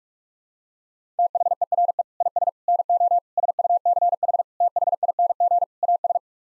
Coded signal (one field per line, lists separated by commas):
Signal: Morse code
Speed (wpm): 46 wpm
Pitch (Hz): 700 Hz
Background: none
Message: THERE IS NO SUCH THING AS